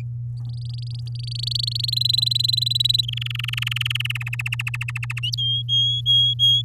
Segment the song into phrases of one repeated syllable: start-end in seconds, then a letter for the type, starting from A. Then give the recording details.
0.37-1.90 A, 1.92-3.05 B, 3.08-4.17 C, 4.20-5.20 D, 5.38-6.62 E. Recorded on 10 May 2018 at 06:20. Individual llb16